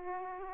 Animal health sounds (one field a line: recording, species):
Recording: mosquito wingbeat signal from an infrared sensor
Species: Aedes aegypti